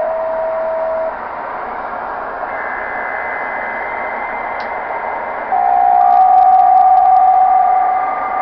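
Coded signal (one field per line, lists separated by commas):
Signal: PSK63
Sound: steady narrow warbling tone over hiss, gap of noise, then tone returns stronger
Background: radio static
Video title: Tecsun PL 660: Decoding PSK63 on 21.070 LZ1KAA Radio Club, Bulgaria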